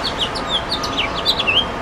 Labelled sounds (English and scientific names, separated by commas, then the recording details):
House Finch (Haemorhous mexicanus) song
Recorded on Long Island, New York, on 23 June 2012
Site JA
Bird A